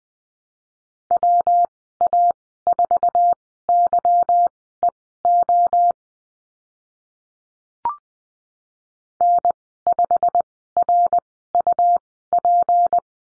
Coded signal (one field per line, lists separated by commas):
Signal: Morse code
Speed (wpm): 20 wpm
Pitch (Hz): 700 Hz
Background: none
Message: WA4YEO N5RUP